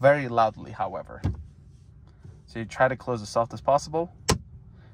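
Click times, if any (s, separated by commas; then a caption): 4.3 s. Someone talks while the glove box door of a 2024 Tesla Model 3 is closed gently into the dashboard. At 4.3 s its magnets pull the lid in tight with a sharp snap, and the door is seated shut.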